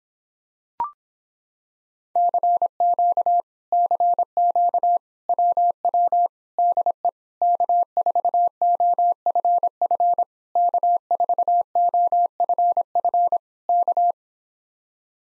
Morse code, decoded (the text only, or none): CQ CQ WW DE K4OFF K4OFF K